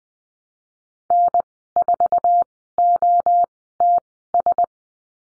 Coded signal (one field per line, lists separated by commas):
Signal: Morse code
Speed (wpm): 20 wpm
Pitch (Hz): 700 Hz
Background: none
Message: N4OTS